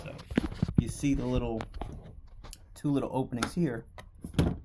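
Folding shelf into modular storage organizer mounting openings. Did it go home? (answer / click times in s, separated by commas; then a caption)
yes / 4.4 s. A plastic folding shelf accessory (FLEX Stack Pack Folding Shelf, FS1502) is set into the two mounting openings on a modular storage organizer while someone talks. A sharp click at 4.4 s marks the shelf locking in place, fully seated.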